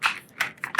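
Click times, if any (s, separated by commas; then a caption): 0.4 s, 0.6 s, 0.8 s. The hinged plastic lid frame of a Hillbrush HH4 / HH2 litter-picking bag holder is closed and clicks at 0.4 s, 0.6 s and 0.8 s. The clicks are sharp and bright and come after a broad rustle at the start. The lid locks shut, and the clicks show it is secure.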